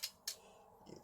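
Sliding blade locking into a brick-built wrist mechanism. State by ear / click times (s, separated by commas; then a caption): seated / 0.3 s. A sliding plastic brick blade on a LEGO brick-built hidden blade worn on the wrist is pushed up into its extended position. A brief sharp tick at 0.0 s is followed by a short, sharp click at 0.3 s as the blade locks into place, then faint low rustling. The blade is seated and locked.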